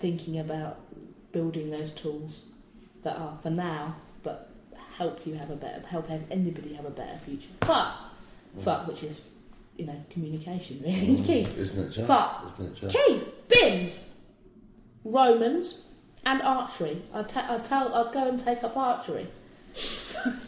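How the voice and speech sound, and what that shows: A young woman's conversational speech, suddenly interrupted by out-of-context words such as 'fuck', 'keys', 'bins' and 'Romans': vocal tics of Tourette's syndrome.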